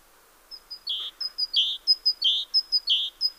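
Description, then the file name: Great tit giving repeated three-note phrases, two thin high notes followed by a lower slurred note, steady and rhythmic. "Parus major"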